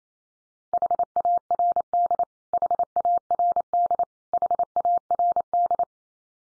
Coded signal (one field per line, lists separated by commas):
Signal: Morse code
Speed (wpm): 28 wpm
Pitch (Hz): 700 Hz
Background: none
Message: HARD HARD HARD